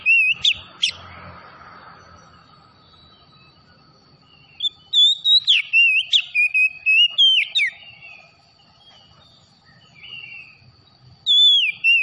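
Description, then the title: Oriental magpie-robin singing in bouts of bright whistles and sharp downslurred notes, separated by quiet pauses, with a faint continuous hum. Tretes variety of the bird, singing vigorously (gacor). "Kacer Tretes Gacor"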